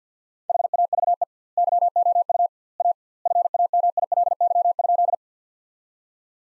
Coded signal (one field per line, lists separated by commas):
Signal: Morse code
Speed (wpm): 50 wpm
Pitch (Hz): 700 Hz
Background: none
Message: HAVE YOU A FAMILY?